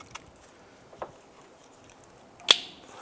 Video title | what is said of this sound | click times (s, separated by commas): How To Replace Bumper 2006-2011 Cadillac DTS | Press that together till you hear it click, and just tuck that up out of the way. | 2.5 s